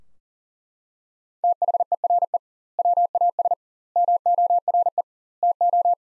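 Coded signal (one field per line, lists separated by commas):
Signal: Morse code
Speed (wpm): 40 wpm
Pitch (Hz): 700 Hz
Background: none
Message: THERE WAS MORE TO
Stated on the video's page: Sentence copy practice at 40 wpm with 2x standard word spacing, a word-level analogue of Farnsworth spacing.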